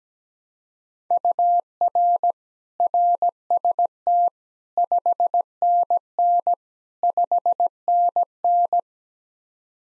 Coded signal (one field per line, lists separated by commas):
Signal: Morse code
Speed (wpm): 17 wpm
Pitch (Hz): 700 Hz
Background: none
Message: UR RST 5NN 5NN